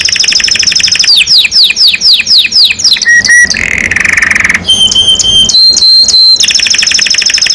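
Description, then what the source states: Domestic canary song, a loud continuous run of rapid repeated downslurred notes, then harsh buzzy rattles and long steady whistled tones switching between pitches. Domestic canary described as gacor, singing constantly; a champion songbird, first place at a competition level.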